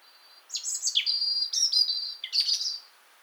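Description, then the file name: European robin song phrase of high, thin whistles and quick warbled notes, sliding down then jumping back up, lasting about two and a half seconds over a quiet background. "Erithacus rubecula"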